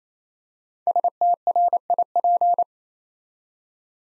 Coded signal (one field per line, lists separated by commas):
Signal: Morse code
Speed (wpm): 27 wpm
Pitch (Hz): 700 Hz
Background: none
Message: STRIP